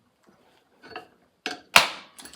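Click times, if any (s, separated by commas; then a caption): 1.8 s. A three-legged puller is tightened on a seized outboard flywheel sitting on its steel crankshaft taper, with faint ticks near 1.0 s and a sharp tick at 1.5 s. At 1.8 s the taper breaks free with a loud, bright click that rings out and decays, followed by light taps. The flywheel is released from the taper.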